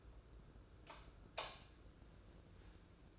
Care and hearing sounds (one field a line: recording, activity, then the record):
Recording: daily activity, microphone in the room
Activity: light off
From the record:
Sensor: 2